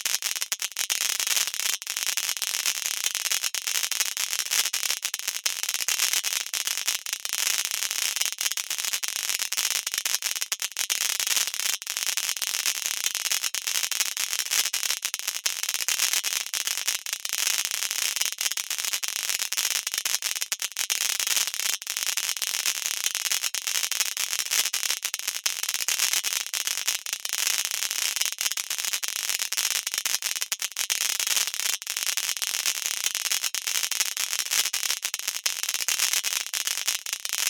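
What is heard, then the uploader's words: Steady, bright hiss runs unbroken throughout, dense with fine crackling and faint ticks, very little low end, level holding constant. CRACKLING WHITE NOISE.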